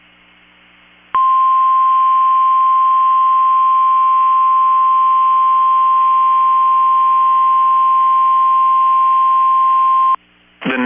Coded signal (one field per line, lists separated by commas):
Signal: Emergency Alert System (SAME) tones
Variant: 1050 Hz attention tone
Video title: 3/13/24 - KEC65 Required Weekly Test (EAS #1015)